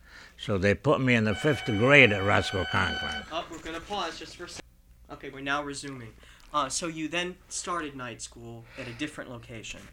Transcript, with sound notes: So they put me in the fifth grade at Ruskill Conklin ( a telephone rings )
Oh, we're going to pause just for a second. ( break in tape ) Okay. We're now resuming. So you then started night school at a different location.